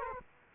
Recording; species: mosquito wingbeat signal from an infrared sensor; Culex quinquefasciatus